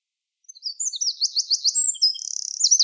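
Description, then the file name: Eurasian wren song after a brief silence, quick shrill notes building into rolling trills and a fast buzzy run at a very high pitch. "Troglodytes troglodytes"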